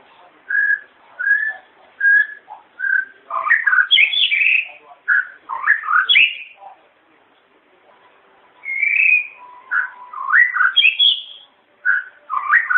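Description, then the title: White-rumped shama song: repeated short whistled notes leading into loud rising and falling warbled phrases, with a brief pause midway before the song resumes. "murai batu"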